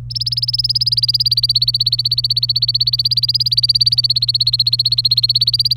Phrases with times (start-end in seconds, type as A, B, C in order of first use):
0.10-5.76 A